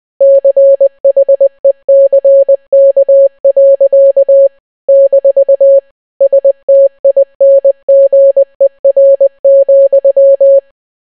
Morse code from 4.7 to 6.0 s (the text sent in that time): -